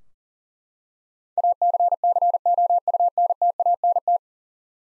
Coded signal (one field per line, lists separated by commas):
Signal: Morse code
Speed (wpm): 40 wpm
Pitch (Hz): 700 Hz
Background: none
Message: ACCOUNTANT